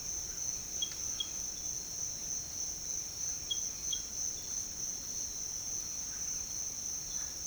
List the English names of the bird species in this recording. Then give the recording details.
none. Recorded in dense forest near Puerto Asís, Putumayo, Colombia, on 19 February 2024 at 07:00. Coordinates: 0.502, -76.324. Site G6370